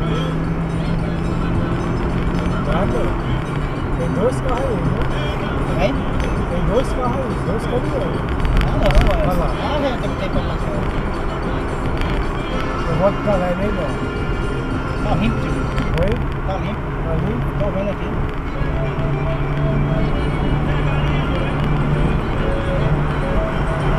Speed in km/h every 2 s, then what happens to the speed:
77, 80, 82, 81, 82, 82, 81, 84, 87, 89, 90, 88.
0-12 steady at about 81. 12-19 speeds up to 90.